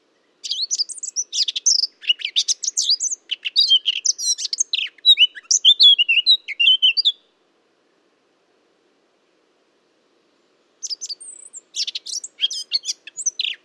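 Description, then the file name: Eurasian blackcap warbling: about six and a half seconds of fast, scratchy, tumbling notes, a long silence, then another burst of chattery warble at the end. "Sylvia atricapilla"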